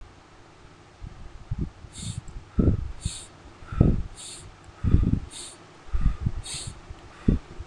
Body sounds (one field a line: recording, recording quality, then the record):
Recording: shallow breathing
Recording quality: excellent, no background noise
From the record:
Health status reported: healthy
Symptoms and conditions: none ticked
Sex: male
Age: 31 years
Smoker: yes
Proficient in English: yes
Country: India